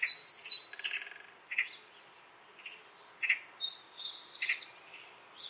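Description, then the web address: Bird calls: thin whistled high phrases and short chirps at uneven gaps. "cianscape birddata Deverinetal"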